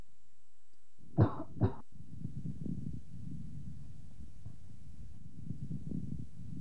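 Adult chest by stethoscope: two short coughs, then coarse crackles at the same point after coughing, in a patient with bronchiectatic disease.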